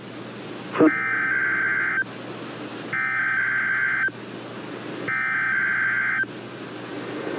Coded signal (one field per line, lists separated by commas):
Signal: Emergency Alert System (SAME) tones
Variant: header bursts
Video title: Weeklies to Welcome 11K (EAS #10997-11004) 5/17/23